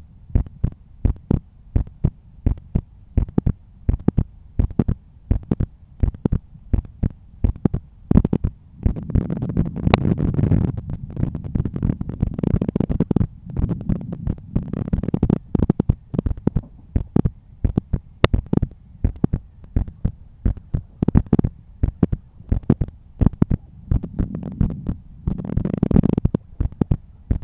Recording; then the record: heart sounds by stethoscope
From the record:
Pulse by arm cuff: 86 bpm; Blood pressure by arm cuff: 133/84 mmHg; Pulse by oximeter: 88 bpm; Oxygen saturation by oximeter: 96%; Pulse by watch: 88 bpm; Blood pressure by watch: 126/80 mmHg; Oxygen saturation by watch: 96%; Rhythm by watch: sinus rhythm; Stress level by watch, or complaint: low stress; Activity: after 5 min smoking and 1 beer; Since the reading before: plus 3300 steps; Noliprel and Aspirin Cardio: no pills today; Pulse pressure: 49 mmHg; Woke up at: 7:30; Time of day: 21:07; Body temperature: 36.7 C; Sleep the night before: 9 h 22 min, score 68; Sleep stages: REM 22%, light 66%, deep 4%, awake 8%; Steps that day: 11800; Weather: clear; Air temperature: 16.6 C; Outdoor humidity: 79%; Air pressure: 1014 hPa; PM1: 6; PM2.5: 9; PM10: 12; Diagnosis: hypertension, treated with Noliprel and Aspirin Cardio 100 mg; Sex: male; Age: 53 years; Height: 174 cm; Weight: 81 kg